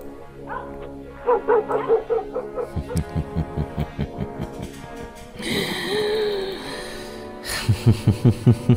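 A dog barks in quick, rhythmic bursts, then lets out a long wavering whine before a final flurry of sharp barks. No one speaks.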